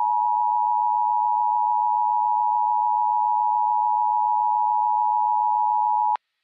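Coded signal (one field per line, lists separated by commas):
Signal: Emergency Alert System (SAME) tones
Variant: 853 and 960 Hz attention tone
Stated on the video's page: Simulated EAS scenario based on real Flash Flood and Severe Thunderstorm Warnings.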